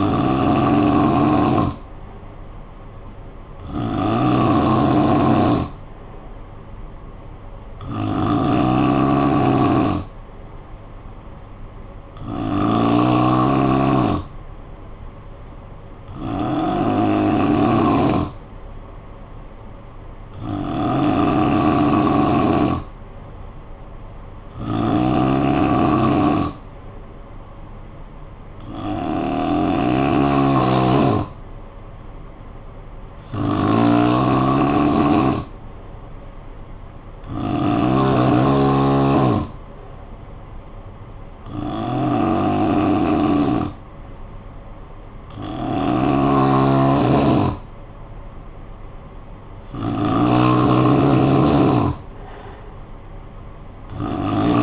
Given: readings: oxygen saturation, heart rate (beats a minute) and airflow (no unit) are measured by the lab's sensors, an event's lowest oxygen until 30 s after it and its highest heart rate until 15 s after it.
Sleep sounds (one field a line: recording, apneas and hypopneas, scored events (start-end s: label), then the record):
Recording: breathing in sleep by a smartphone at the bedside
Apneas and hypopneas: 1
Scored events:
8.00-25.20 s: hypopnea (N3, oxygen 92% highest, then 89% lowest, heart rate 52 at the start, 60 highest)
From the record:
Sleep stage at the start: N3 (deep sleep)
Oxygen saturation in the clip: 89 to 92%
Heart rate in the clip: 52 to 60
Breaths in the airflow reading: 13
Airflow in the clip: -9.1 to 4.7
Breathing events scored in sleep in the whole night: 445 in 7.6 hours asleep